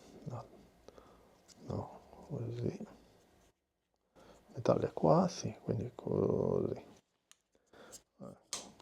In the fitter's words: perfect I heard it click so it should be correct right? yes and